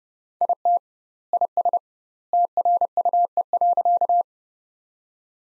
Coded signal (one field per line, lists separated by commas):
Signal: Morse code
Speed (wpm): 30 wpm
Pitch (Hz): 700 Hz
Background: none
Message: IT IS TRUE.